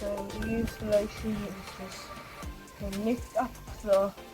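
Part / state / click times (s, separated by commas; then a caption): negative cable terminal onto gate motor battery terminal / not seated / none. During reinstallation on an ET 500 gate motor battery replacement, the negative cable's push-on terminal is handled toward the gate motor's battery terminal while someone talks over background music. Nothing has seated or clicked yet.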